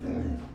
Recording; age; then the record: pig call; growing-finishing pig (85 days or more)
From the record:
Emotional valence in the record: negative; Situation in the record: barren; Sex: female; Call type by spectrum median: low-frequency call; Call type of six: low-frequency stable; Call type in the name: low-frequency stable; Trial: 1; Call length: 0.55 s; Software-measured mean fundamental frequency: 64 Hz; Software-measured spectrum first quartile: 108 Hz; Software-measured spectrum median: 229 Hz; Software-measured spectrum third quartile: 353 Hz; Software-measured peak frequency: 261 Hz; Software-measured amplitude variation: 143 dB a second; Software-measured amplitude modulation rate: 28.4 a second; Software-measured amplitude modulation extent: 5.0 dB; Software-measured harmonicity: -1.5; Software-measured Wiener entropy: -0.14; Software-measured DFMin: 1150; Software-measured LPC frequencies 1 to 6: 281, 1648, 2392, 3842, 4822, 5433 Hz